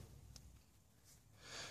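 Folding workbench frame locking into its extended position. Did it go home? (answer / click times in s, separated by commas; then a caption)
yes / 0.4 s. A Workmate 425 folding workbench frame is pulled up by the levers on both sides and extended to its fully raised position. A single sharp click at 0.4 s marks the frame locking in place, followed by quiet handling noise and a soft breathy hiss toward the end.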